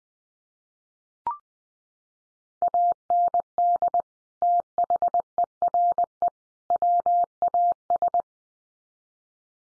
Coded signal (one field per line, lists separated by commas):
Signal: Morse code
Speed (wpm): 20 wpm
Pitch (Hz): 700 Hz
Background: none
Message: AND THERE WAS